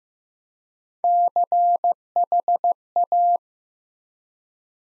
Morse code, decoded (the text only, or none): CHA